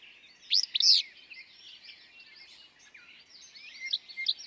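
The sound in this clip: Willow flycatcher: one abrupt, sneezy two-part phrase early on, followed by the busy twittering of other birds.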